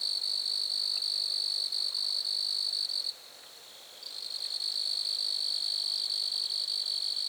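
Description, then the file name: Grasshopper trill, a steady high buzzing drone that stops for about a second midway, then resumes; no other sounds stand out. Grasshoppers recorded at Lac-à-François, Montcerf-Lytton, Quebec, Canada. "criquets-grasshoppers- -lac-acc 80-franccca 7 ois-montcerf-lytton-quecc 81 bec-canada"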